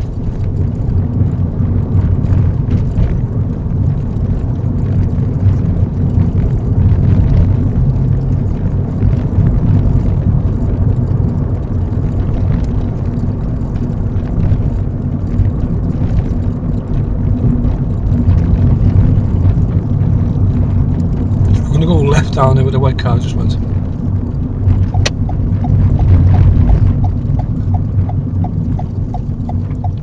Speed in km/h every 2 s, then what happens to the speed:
35, 35, 37, 40, 44, 44, 42, 44, 40, 37, 37, 32, 32, 27, 23.
3-8 speeds up to 44. 8-15 steady at about 44. 15-30 slows to 23.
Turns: none.